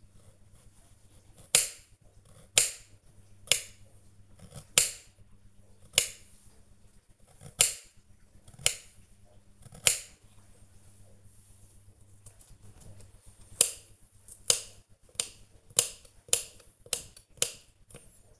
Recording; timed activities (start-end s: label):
household activities, microphone on the right wrist
0.00-18.40 s: cutting vegetables